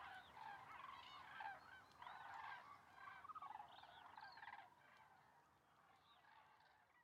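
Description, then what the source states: Common cranes giving many overlapping rising-and-falling trumpeting calls, a busy chorus that fades softer toward the end. Flock at migration stopover, Lac du Der, eastern France, November; over 200,000 cranes counted; most continue south to Spain; Nagra Seven recorder, MKH8020 stereo microphones.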